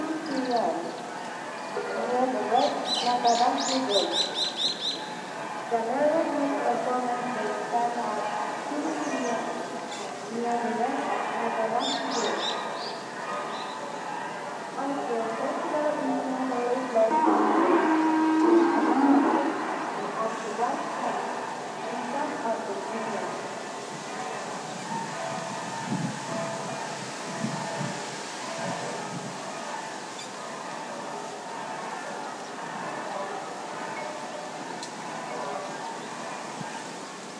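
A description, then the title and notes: A crowd at the Takayama spring festival, with many voices talking over one another throughout. Through the first half short bright rattles or jingles break through, and around eighteen seconds a steadier tone rises above the chatter before the crowd settles into a lower, even murmur. Takayama Festive Madness. Recorded (from a distance) at the Takayama spring Festival.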